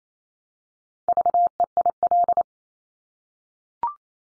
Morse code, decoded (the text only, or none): VEIL